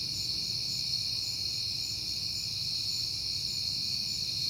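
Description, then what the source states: A steady, high-pitched cricket chorus fills the short stretch, while a low rumbling hum sits below. Crickets recorded at night in September, on a peaceful night.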